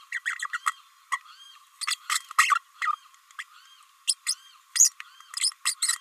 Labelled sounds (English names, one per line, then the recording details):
Green-rumped Parrotlet babbling
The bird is a female
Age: 29 days
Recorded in a nest box in Venezuela
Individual 17B32A5